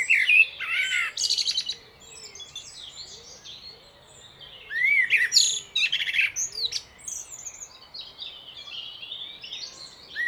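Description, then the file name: Common blackbird singing mellow, slurred whistles mixed with sharp high squeaky notes, phrases coming in irregular bursts over a faint steady background hiss. "Turdus merula"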